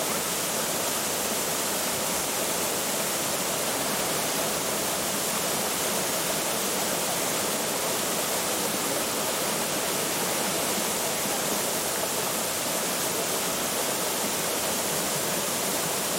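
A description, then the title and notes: Running water pours without pause, a dense, even hiss that stays at the same loudness for the whole stretch. The rush is bright and full, with a thinner low rumble beneath it, and no separate splashes or other sounds stand out. Running water.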